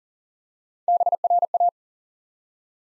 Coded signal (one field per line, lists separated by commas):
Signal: Morse code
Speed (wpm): 40 wpm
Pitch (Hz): 700 Hz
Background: none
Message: BRA